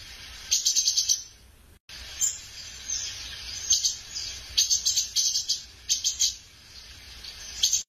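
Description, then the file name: Tanager giving rapid bursts of high, sharp chirping notes, broken by a brief silent gap early on, then continuing in short clusters over faint hiss. "canto da saira pintor"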